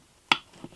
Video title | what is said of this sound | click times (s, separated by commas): Bullock Racing / Trs float bowl | You hear them snap in. | 0.3 s